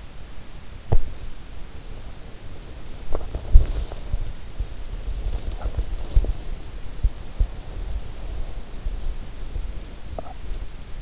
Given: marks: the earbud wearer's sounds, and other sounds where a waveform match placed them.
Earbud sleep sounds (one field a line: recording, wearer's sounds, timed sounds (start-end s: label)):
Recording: sounds in sleep by an in-ear microphone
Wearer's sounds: body movement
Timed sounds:
0.00-11.02 s: body movement